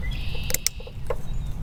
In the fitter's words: make sure you hear that clicking sound